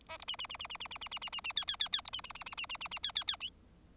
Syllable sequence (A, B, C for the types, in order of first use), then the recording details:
A B C C C C C C C C C C C C D D D D B C C C C C C C C D D D. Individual Bird4